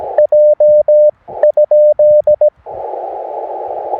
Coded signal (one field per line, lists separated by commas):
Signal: Morse code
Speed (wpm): 17 wpm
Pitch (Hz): 600 Hz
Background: none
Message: J ?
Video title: A Look at an End Fed Half Wave Antenna in an Inverted Vee for a 17 WPM CW POTA Activation